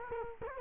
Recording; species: mosquito wingbeat signal from an infrared sensor; Culex quinquefasciatus